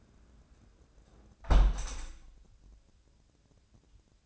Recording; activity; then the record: daily activity, microphone in the room; close window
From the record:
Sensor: 2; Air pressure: 1012.1 hPa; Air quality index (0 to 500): 122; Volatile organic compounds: 1 ppm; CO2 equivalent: 907 ppm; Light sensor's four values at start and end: 108/260/107/106 and 109/262/107/106